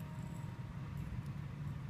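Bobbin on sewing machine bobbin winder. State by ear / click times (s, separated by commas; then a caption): not seated / none. Thread is wrapped clockwise two or three times around a plastic bobbin sitting on the bobbin winder of a Viking sewing machine, with only soft handling noise over a steady low rumble and a faint hum. The bobbin has not yet been pushed down to lock, and nothing has clicked or seated yet.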